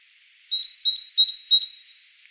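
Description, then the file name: Great tit calling: four quick two-note phrases, a lower whistle stepping up to a higher one, repeated about every third of a second against a quiet background. "Parus major"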